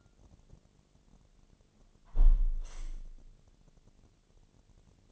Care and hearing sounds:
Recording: daily activity, microphone in the room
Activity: close window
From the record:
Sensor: 4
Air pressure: 1007.1 hPa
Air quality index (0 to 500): 182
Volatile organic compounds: 5 ppm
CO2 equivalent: 1808 ppm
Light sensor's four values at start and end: 24/74/28/27 and 23/73/28/27

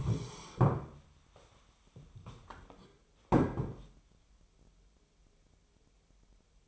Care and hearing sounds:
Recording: daily activity, microphone in the room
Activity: stand up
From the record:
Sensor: 1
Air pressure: 1015.2 hPa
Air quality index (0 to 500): 190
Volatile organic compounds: 19 ppm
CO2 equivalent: 2656 ppm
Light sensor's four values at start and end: 12/30/12/13 and 9/22/9/10

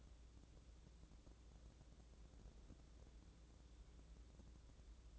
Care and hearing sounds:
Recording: daily activity, microphone in the room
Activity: wipe stove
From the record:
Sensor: 3

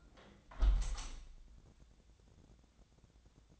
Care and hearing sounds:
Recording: daily activity, microphone in the room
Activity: close window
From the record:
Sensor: 3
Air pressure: 1012.3 hPa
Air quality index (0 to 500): 141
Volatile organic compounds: 2 ppm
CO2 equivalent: 1091 ppm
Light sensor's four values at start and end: 318/777/323/320 and 319/780/325/321

